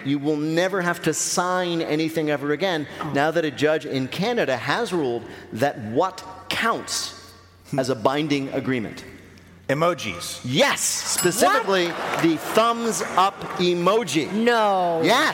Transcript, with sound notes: You will never have to sign anything ever again now that a judge in Canada has ruled that what counts as a binding agreement?
Emojis.
Yes.
(SOUNDBITE OF BELL)
What?
Specifically the thumbs-up emoji.
No.